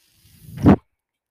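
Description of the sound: A single low, airy whoosh builds over about half a second, peaks, then cuts off sharply, with no voice. It is the rush of a home mechanical ventilator delivering a breath.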